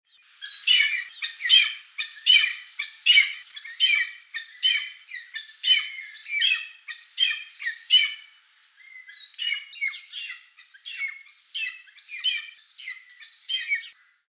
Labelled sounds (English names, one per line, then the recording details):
Wedge-tailed Eagle
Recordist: Tembrock, Günter
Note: Rufe